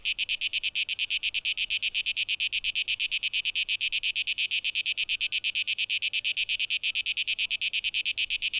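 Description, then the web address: Cicada song: loud, hissing high-pitched buzz broken into quick even pulses, sustained for the whole stretch. Cicadas, 12 August 2023, tape echo mix. "rauschpartikel Audio 2023-08-12 Zikaden (Tape Echo Mix)"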